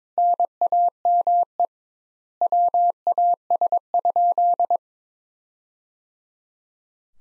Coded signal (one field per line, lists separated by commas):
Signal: Morse code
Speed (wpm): 22 wpm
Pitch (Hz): 700 Hz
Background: none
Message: NAME WAS?